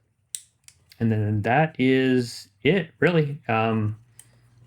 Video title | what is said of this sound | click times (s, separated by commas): Over One Year Later: Compression Testing and Spark Plug Swap! | Make sure all of my connectors are clicked into place. | 0.3 s